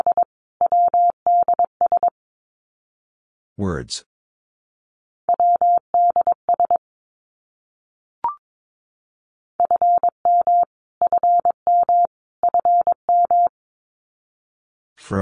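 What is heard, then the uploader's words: Morse code beeps on a single mid-pitched tone, short dots and longer dashes in bursts of about two seconds separated by silent gaps. A bright sweeping chirp cuts in near four seconds, a brief click near eight, and another burst at the end. Abbreviations Repeated 3x - 22wpm. First, it is sent three times in Morse code. Finally, it is sent again in Morse code.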